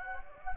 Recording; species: mosquito wingbeat signal from an infrared sensor; Anopheles gambiae